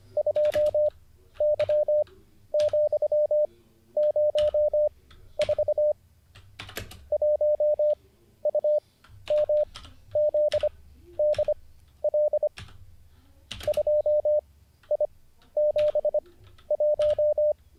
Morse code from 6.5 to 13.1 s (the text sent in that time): 1UMZDL